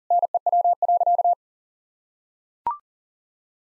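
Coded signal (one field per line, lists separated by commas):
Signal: Morse code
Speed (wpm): 37 wpm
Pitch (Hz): 700 Hz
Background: none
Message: NEW.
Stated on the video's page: Morse code head-copy practice sending common eight-word-phrase sentences at 40 wpm; each sentence is sent twice.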